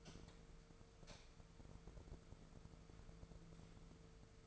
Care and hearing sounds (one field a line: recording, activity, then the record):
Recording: daily activity, microphone in the room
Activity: light on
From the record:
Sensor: 5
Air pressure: 1014.6 hPa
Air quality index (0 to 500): 150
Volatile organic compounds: 4 ppm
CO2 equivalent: 1648 ppm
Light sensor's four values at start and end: 132/320/132/142 and 144/350/145/156